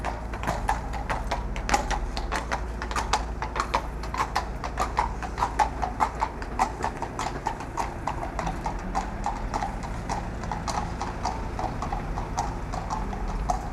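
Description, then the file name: Horse hoofbeats clopping, crisp hard strikes repeating throughout over a continuous low background hum. Horse drawing a hearse. "horse drawn hearse"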